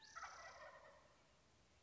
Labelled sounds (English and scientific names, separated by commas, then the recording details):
Wild Turkey (Meleagris gallopavo)
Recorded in Sonoma County, California